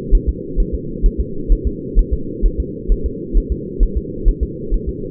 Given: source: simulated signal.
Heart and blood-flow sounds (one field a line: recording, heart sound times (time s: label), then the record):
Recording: fetal heart sounds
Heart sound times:
0.15 s: S1
0.29 s: S2
0.60 s: S1
0.75 s: S2
1.06 s: S1
1.21 s: S2
1.52 s: S1
1.67 s: S2
1.99 s: S1
2.14 s: S2
2.46 s: S1
2.60 s: S2
2.92 s: S1
3.06 s: S2
3.37 s: S1
3.52 s: S2
3.83 s: S1
3.97 s: S2
4.28 s: S1
4.43 s: S2
4.74 s: S1
4.89 s: S2
From the record:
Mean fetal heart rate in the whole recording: 130 bpm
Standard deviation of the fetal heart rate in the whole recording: 2 bpm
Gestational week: 38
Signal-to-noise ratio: -4.3 dB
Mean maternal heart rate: 72 bpm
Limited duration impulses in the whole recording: absent